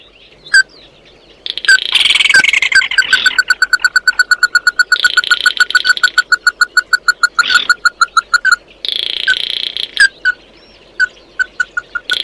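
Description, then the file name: Bird giving long rapid trains of short, clipped notes, alternating with harsh buzzy rasps and a few separate chips. "Tieng chim mat do"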